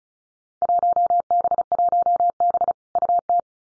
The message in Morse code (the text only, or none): 1B1B UT